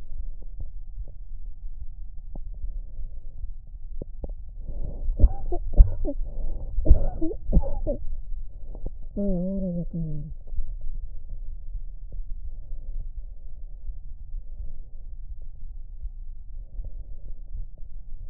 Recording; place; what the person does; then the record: lung sounds by stethoscope; right anterior apical chest; quiet breathing, then cough and speech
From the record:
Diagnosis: asthma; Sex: female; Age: 65 years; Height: 157 cm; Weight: 70.2 kg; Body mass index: 28.5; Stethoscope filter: extended mode